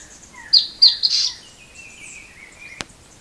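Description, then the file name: Bird calling with a few sharp high whistled notes, then a long, thin, slightly falling whistle, ending with a sharp click. "SABIOD 50 bird 2015"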